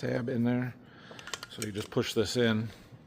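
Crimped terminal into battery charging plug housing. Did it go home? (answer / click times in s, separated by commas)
no / none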